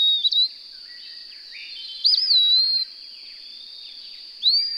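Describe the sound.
Bird song: clear high whistled phrases, a short one at the start, a longer slurred and wavering whistle near two seconds, another rising at the end, over a steady high hiss.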